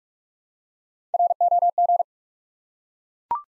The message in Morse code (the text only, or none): ROG